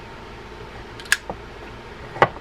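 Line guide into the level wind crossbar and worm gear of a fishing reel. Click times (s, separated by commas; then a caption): 2.2 s. The level wind line guide of a Penn Peer 309 saltwater fishing reel is tucked into the crossbar and held under pressure so that it mates with the worm drive gear. A few faint ticks and sharp clicks are heard around 1.0–1.3 s before a final sharp snap at 2.2 s. At that snap the guide seats in place with its shoulders aligned.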